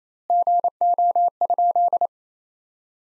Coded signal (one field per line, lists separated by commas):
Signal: Morse code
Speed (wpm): 28 wpm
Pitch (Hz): 700 Hz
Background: none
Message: GO?